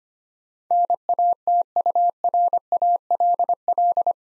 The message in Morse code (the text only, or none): NATURALL